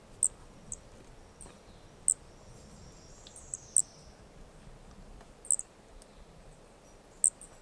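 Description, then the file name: Brachycephalus toadlet calls: short, very high, sharp chirped notes at irregular intervals, with softer high notes between, over a steady low hiss. Two individuals (4 and 5) of an unidentified Brachycephalus species recorded at Corcovado; the first two notes of the call sequence were lost. "Brachycephalus sp ind 4 ind 5 Corcovado two starting notes lost"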